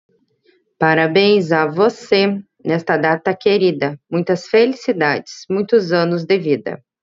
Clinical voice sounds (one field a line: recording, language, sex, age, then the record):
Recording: short text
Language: Brazilian Portuguese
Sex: female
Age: 30 to 39 years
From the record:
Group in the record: control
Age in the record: 37 years